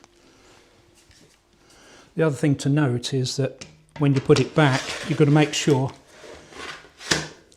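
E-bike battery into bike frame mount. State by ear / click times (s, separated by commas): seated / 7.1 s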